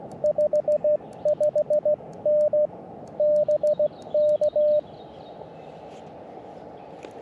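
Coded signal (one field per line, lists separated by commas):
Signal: Morse code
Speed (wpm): 17 wpm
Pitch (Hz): 600 Hz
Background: radio noise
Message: 55N BK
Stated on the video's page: QRP Parks on the Air activation in Tuskegee National Forest, sent with a cootie key from an Elecraft KX2 into a mil whip with loading coil, including a contact with Australia.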